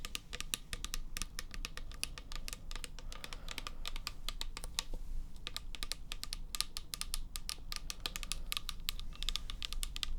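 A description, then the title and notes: Quick, irregular tapping, like fingers on a keyboard, clicks in rapid bursts throughout. There is a short pause just before the midpoint, then the clicking resumes, dense and bright. A low steady rumble runs underneath. Tapping.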